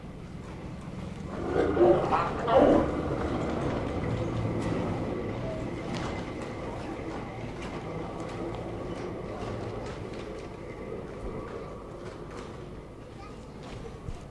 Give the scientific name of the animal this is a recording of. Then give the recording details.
Panthera leo. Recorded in captivity. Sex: male. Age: adult. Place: Zoo Leipzig, Sachsen, DE. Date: 1959-09-17 13:15. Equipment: Reporter (Vollspur). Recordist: TSA